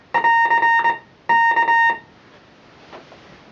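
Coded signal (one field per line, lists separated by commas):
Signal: Morse code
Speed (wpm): 20 wpm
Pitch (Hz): 930 Hz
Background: music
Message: <AR> K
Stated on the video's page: Actual recording of the SOS distress call sent by a merchant ship, maritime radiotelegraphy.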